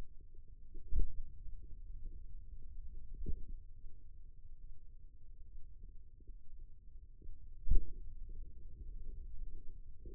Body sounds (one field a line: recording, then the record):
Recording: forearm muscle sounds (acoustic myography)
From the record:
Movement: finger pinch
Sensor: system 2, bracelet of six BSWA MPA416 microphones around the upper forearm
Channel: 3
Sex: female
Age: 25 years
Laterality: right